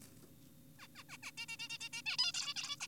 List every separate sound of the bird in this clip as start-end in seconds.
0.79-0.87, 0.96-1.04, 1.09-1.17, 1.23-1.31, 1.38-1.46, 1.49-1.57, 1.60-1.69, 1.70-1.78, 1.81-1.89, 1.93-2.02, 2.06-2.17, 2.19-2.32, 2.34-2.54, 2.56-2.76, 2.80-2.87